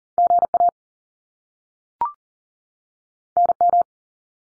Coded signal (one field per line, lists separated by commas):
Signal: Morse code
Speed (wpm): 40 wpm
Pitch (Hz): 700 Hz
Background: none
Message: GA NM